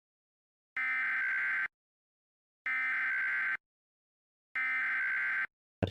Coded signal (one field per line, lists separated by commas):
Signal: Emergency Alert System (SAME) tones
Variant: header bursts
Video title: EAS Mock - The Roach Invasion (Part 3)